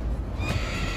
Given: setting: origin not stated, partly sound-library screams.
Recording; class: one-second piece from a danger detection set; woman in danger